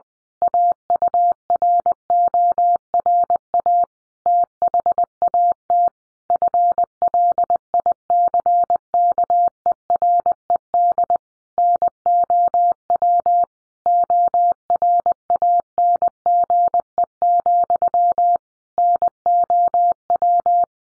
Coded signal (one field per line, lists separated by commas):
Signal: Morse code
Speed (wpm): 20 wpm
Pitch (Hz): 700 Hz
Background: none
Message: AURORA THAT FLICKERED NOW ORANGE, NOW